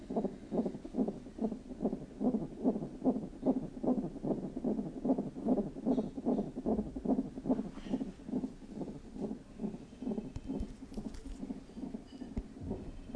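Steady, fast heartbeat thumping at about 146 beats a minute, the heartbeat of a child.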